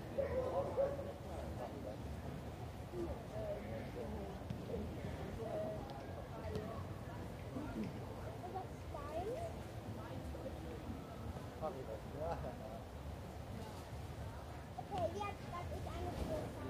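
People pass by in the Englischer Garten, with overlapping fragments of conversation filling the whole stretch. The murmur stays steady and dense, with occasional brighter voices and short sounds rising above it near the start, around six seconds and near fifteen seconds.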